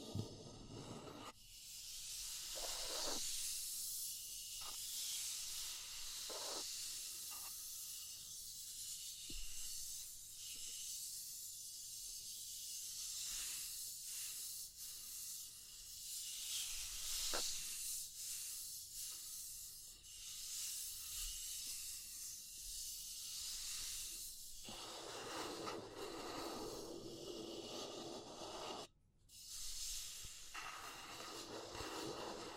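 Wood, bamboo and straw rustle in a steady, bright hissing scratch, broken by occasional sharp taps and a louder crackling stretch near twenty-five seconds.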